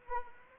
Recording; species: mosquito wingbeat signal from an infrared sensor; Anopheles arabiensis